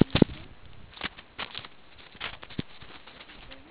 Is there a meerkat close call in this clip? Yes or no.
no